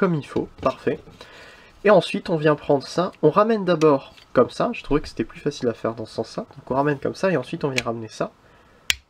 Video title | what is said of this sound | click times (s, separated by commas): (FR) Deluxe TRIGGERHAPPY review (Transformers Titans Return ) | ça, jusqu'à ce que ça clipse. Ça tient très bien. | 8.9 s